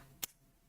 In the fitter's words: That was a nice clicky clack.